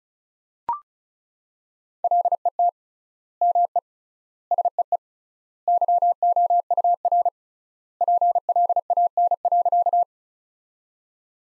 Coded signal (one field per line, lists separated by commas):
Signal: Morse code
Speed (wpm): 34 wpm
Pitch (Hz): 700 Hz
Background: none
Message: LET ME SEE YOUR PLAN.